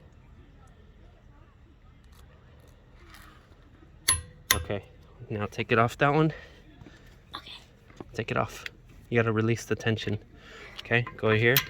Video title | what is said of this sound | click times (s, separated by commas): Flex Off! | tighten it till it clicks | 4.1 s, 4.5 s